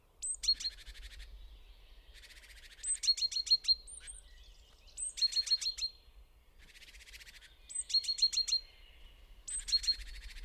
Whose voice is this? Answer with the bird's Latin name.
Parus major